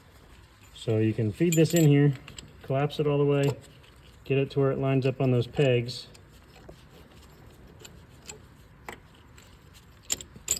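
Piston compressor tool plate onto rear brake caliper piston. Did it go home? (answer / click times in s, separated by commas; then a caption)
yes / 10.1 s, 10.5 s. On a 2013-20 Ford Fusion, a brake caliper piston compressor tool is fed into the rear brake caliper and collapsed all the way, and its plate is turned until its two holes line up on the dowels and pegs of the caliper piston. Someone talks over the first six seconds, followed by quiet metallic handling ticks. The tool plate seats and locks onto the piston with sharp metallic clicks at 10.1 s and 10.5 s.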